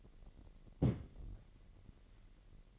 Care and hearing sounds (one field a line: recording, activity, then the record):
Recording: daily activity, microphone in the room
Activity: place on stove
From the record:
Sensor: 4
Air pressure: 1012.8 hPa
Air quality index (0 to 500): 240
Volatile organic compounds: 4 ppm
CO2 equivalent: 1596 ppm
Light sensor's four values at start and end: 28/66/27/27 and 29/69/28/28